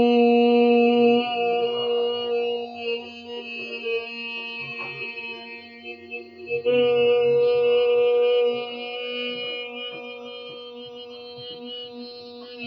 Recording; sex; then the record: sustained vowel /i/; female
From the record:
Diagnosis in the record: Parkinson's disease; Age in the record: 63 years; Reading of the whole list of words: 61 s, 4.6 characters per second